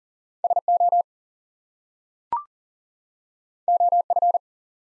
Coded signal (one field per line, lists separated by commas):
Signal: Morse code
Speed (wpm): 40 wpm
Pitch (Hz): 700 Hz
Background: none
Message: SO OF